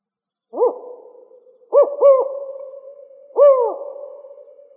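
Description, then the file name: Spotted owl four-note call, a lone hoot followed by two quick hoots and a longer last hoot, the notes blurred by a steady lingering tone. Recorded in Arizona. "SPOW 3 B deviche"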